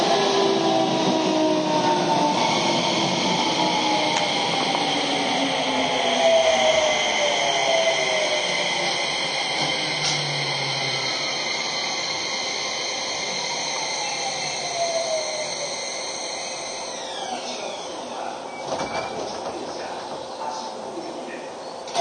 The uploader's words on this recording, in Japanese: 京王5000系 本八幡〜橋本。日中に運転が行われている都営新宿線 本八幡〜京王相模原線 橋本の運用を録音しました。都営新宿線は各停で京王線は区間急行となる。